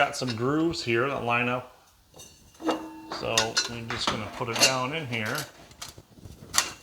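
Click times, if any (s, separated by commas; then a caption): 6.6 s. A metal chimney pipe is lowered into its socket on a portable pizza oven body, its grooves lined up, and twisted or pressed down while someone talks. Metallic scraping and clinking follow, and the chimney section locks into place with a sharp click at 6.6 seconds.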